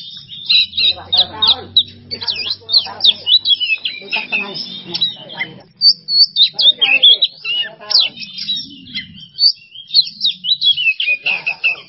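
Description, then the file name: Oriental magpie-robin song of quick whistled and buzzy phrases, sharply rising and falling notes, pouring out almost nonstop with brief pauses. Masteran training recording for songbirds; song style named bongkar isian emosi. "Masteran Kacer Bongkar Isian Emosi"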